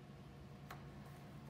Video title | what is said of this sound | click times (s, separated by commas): Mixxer Laser Cut Face Shield Design | at one side and just roll them in and they snap into place | 0.7 s